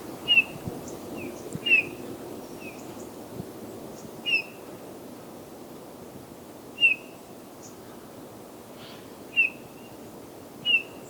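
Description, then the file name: Eurasian bullfinch calling with soft, fluty piping notes at irregular intervals, over a constant hiss and low hum. "Pyrrhula pyrrhula"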